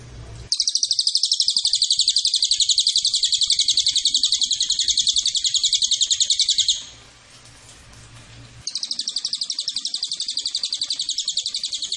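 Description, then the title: Cililin producing a sustained shrill, rapidly repeated trill, starting after a brief quiet moment and pausing once for about two seconds. Lure recording used as a master and bait call to attract cililin birds. "MASTERAN SUARA BURUNG CILILIN BISA JUGA PANCINGAN CILILIN"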